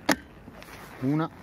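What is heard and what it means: A second battery pack is pushed into the battery bay of a Worx WG779E.1 2X20V 4 Ah cordless electric lawn mower and seats with a loud, sharp click at 0.1 s. A faint tap follows at about 0.6 s, then someone talks briefly.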